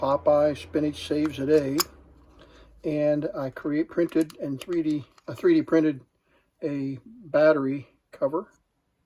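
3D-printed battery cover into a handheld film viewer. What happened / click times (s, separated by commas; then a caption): Handled, not yet home: the plastic cover has not snapped in / none. Someone talks while handling a 3D-printed plastic battery cover for a small 1980s 8mm handheld movie player and film viewer. The cover is about to be pushed into the player, but nothing has seated or clicked yet.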